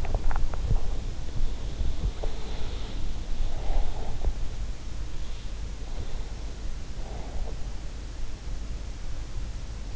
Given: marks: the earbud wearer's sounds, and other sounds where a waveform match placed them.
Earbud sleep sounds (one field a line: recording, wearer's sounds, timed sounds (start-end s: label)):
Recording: sounds in sleep by an in-ear microphone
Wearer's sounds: teeth grinding, breath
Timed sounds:
0.00-0.65 s: teeth grinding
2.07-4.46 s: breath
5.77-7.78 s: breath